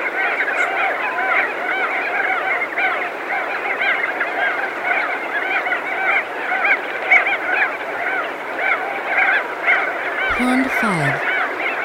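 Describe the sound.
Crested auklets honking constantly in a thick colony chorus, with a descending electronic swoop near the end.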